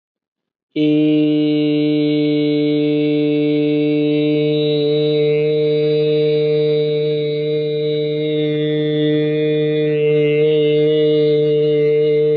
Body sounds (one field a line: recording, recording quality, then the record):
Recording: sustained vowel as in made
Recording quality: excellent, no background noise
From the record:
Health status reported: COVID-19 positive, mild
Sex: male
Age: 24 years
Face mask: not worn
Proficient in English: yes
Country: India